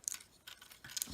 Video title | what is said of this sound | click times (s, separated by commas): Transformers Studio Series Deluxe Class RATCHET Review | that'll just snap into place there okay | 0.1 s